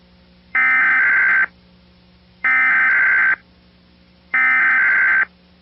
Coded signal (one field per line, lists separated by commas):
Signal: Emergency Alert System (SAME) tones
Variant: header bursts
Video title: SSTEAS REUPLOAD - EAS OF THE WEEK 4-13-2019 ( last video until 5-17-21)